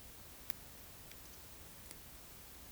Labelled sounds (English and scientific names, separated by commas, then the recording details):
Eurasian Woodcock (Scolopax rusticola) whistle
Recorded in Baden-Württemberg, Germany, on 11 June 2021 at 20:09 UTC
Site 24606, 635 m above sea level